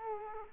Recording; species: mosquito wingbeat signal from an infrared sensor; Culex quinquefasciatus